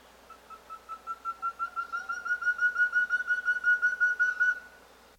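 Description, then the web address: Black-headed antthrush song: a long series of hollow whistled notes that rises slightly in pitch and grows louder. South America. "Natures Songs S America Black-Headed Antthrush"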